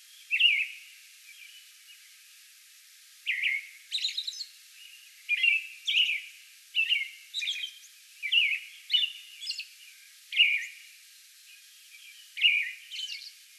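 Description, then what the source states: American robin song: short caroling whistled phrases mixed with thin high squeaky notes, delivered in a bout with brief pauses. Song bout recorded May 11.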